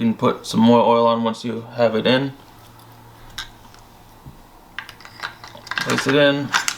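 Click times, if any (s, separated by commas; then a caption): none. Someone talks while handling a charging handle and bolt carrier group being fitted into an AR-15 upper receiver during reassembly, with quiet stretches and a few short metallic handling taps and scrapes between about 3.4 and 5.9 seconds. The part has not gone home yet; nothing has seated or clicked into place.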